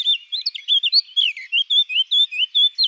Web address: Sylvia atricapilla